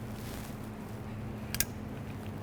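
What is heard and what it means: A metal brake pad hardware clip is pressed down into the rear caliper bracket of a 2006-2014 Honda Ridgeline. Over a steady low hum, two sharp metallic snaps ring out at 1.5 s and 1.6 s as the clip pops down and seats in the bracket.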